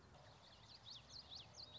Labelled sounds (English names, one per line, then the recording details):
Common Yellowthroat
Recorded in Sonoma County, California